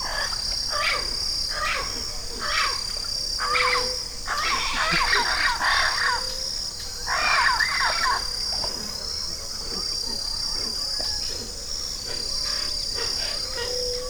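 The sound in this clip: Bird calls with scattered clicks and then loud harsh chattering bursts in the middle, fading to sparse notes, over a constant high hiss.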